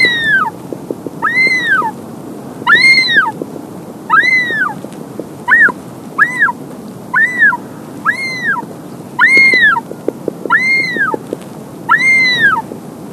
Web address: wandering albatross